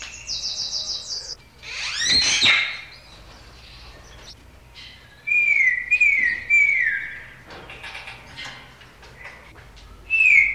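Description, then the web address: Parrot calls, a rapid trill, a harsh noisy squawk, then a series of short whistled downslurred notes and one final sharp call. "animals parrots"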